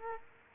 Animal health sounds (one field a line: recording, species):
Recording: mosquito wingbeat signal from an infrared sensor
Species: Culex quinquefasciatus